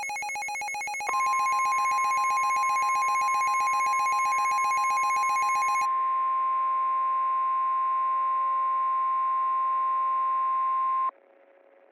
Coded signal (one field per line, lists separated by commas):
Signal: Emergency Alert System (SAME) tones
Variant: 1050 Hz attention tone